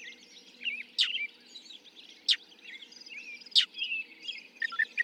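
Northern mockingbird singing soft warbled phrases, broken by three sharp clicking notes, over a faint low hum.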